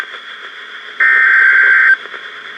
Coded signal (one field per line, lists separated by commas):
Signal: Emergency Alert System (SAME) tones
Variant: header bursts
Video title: Tornado Watch #503 (EAS #1637)